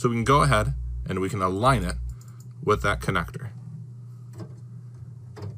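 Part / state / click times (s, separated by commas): power cable connector into motherboard power socket / not seated / none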